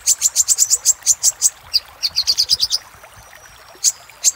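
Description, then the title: Little spiderhunter song: a quick series of high, clipped notes, then a second slightly lower run, a pause, and two isolated sharp notes. Master recording for training cage birds, little spiderhunter in the labaik song style. "Masteran Burung Sogok Ontong Labaik"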